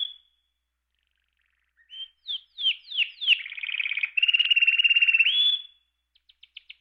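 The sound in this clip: Canary song of varied whistled notes running into a fast buzzy trill, ending with several quick, sharp high clicks.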